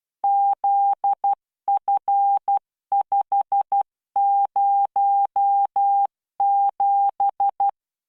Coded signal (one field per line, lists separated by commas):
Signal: Morse code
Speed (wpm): 12 wpm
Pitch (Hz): 800 Hz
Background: none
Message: ZF507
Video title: tamanのモールス練習動画8（モールス信号 速度12WPM スペース標準）Learn Morse Code